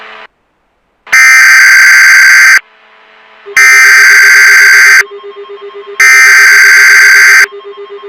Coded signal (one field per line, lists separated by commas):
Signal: Emergency Alert System (SAME) tones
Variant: header bursts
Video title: EAS Mini Scenario #13/EAS Recreation Mock #5: SVR (Severe Thunderstorm Warning) for my area